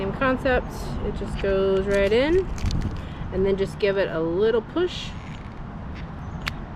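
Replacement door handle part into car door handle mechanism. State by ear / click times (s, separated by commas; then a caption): seated / 6.5 s. Someone talks while a replacement door handle part is inserted into a Fiat car door handle mechanism and given a small push. A short, sharp click at 6.5 s marks the part snapping into place, seated.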